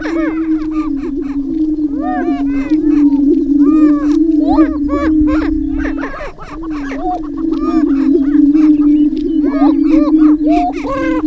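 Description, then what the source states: Greater prairie chickens: a deep booming drone with frequent excited cackles and whoops, easing briefly midway before rising again. Booming recorded on 6 May 2005.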